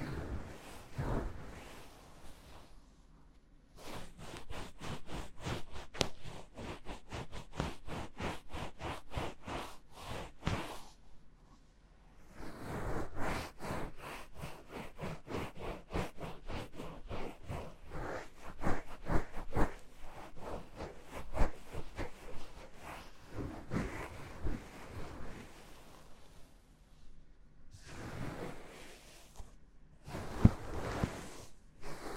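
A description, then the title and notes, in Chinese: Gloved hands rubbing and tapping make a dense run of crisp, bright crackles and swishes. Rapid regular strokes fill roughly 4–11 s and 13–22 s, with brief quieter pauses near 3, 12 and 27 s and softer rustling swells between. 多種手套的摩擦觸發音。Glove trigger for relaxing。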